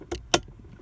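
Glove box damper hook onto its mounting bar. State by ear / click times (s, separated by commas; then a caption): seated / 0.3 s. The glove box damper plunger hook on a 2011 Honda Odyssey EX-L is pulled down and hooked back onto its mounting bar during a cabin filter replacement. A softer click is heard at 0.1 seconds, then a sharp, loud click at 0.3 seconds as the hook seats on the bar and is connected.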